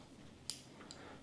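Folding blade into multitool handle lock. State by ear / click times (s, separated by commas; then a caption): seated / 0.5 s. An opener or flathead screwdriver blade on the opposite side of a steel Dakoyu DK30 multitool is swung out and snaps into its handle lock with a sharp, bright click at 0.5 s. A fainter tick follows at about 0.9 s over a low background hiss. The blade is seated and locked in place.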